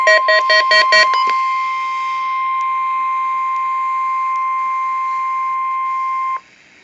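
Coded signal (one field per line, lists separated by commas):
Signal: Emergency Alert System (SAME) tones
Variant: 1050 Hz attention tone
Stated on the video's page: Required weekly test, recorded with low sound quality.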